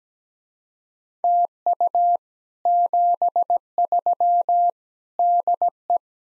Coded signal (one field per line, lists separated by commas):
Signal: Morse code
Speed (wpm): 17 wpm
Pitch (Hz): 700 Hz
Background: none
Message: TU 73 DE